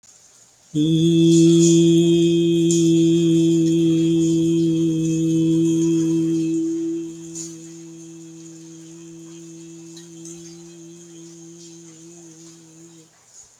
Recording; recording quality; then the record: sustained vowel as in beet; excellent, no background noise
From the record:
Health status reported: healthy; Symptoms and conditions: diabetes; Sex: male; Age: 67 years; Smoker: not ticked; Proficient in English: yes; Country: India